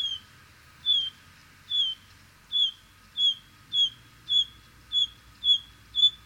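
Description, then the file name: Bluethroat singing a series of high, short notes repeated at a fairly even pace. "Gorgebleue-à-miroir-Luscinia-svecica"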